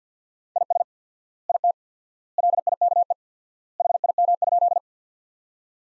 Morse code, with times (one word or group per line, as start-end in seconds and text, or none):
0.6-0.8 IS
1.5-1.7 IT
2.4-3.1 LIKE
3.8-4.8 HIM?